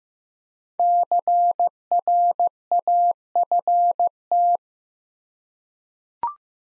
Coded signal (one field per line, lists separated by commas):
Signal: Morse code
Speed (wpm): 15 wpm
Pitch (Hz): 700 Hz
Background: none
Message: CRAFT